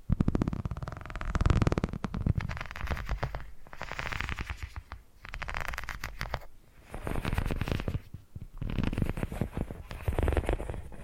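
Soft purring-like triggers made of dense, rapid crackling pulses fill most of the clip, with a low rumbling undertone. The sound comes in bursts of a second or two, broken by brief quiet gaps near 5, 6.5 and 8.5 seconds.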